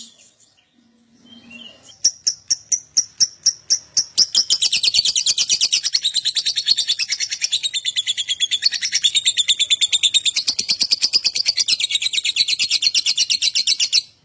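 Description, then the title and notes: Lovebird song: spaced clicking notes speed into a long, dense, buzzy chatter of high scratchy notes that continues to the end. Adult lovebird singing vigorously, called gacor, with owor-style song. "#5. LOVEBIRD GACOR OWOR OWOR. Lovebird Dewasa"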